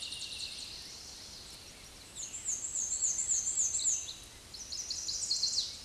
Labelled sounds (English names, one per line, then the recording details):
Black-and-white Warbler song
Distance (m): 10 m
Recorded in a Pennsylvania forest on 19 May 2023 at 06:30
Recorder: AudioMoth, point grid1_20_low
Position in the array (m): 59 m, 221 m